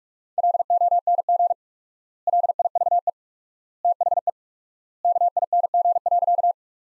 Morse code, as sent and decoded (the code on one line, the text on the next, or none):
.-.. --- -. --. / .-.. .. ...- . / - .... . / -.- .. -. --. .-.-.-
LONG LIVE THE KING.